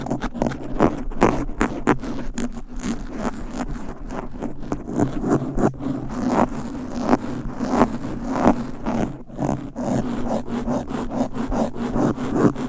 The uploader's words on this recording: ASMR Fast and Aggressive Mic Scratching. No Talking.